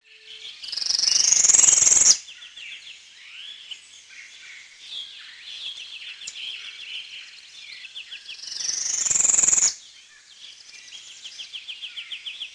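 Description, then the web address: Tropical Parula song: two loud buzzy trills rising to a high pitch, several seconds apart, with fast repeated chips and trills between them. "Peterson North American Birds"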